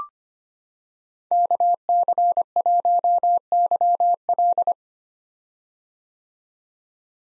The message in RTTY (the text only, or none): none